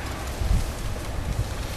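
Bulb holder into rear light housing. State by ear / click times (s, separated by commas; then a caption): not seated / none. The plastic bulb holder with a new bulb is pushed back into the rear light housing of a Seat Altea tail light. Only low, dull thumps of handling near 0.5 s and 1.4 s are heard over steady broadband noise. The holder has not clicked in, though its contacts went in.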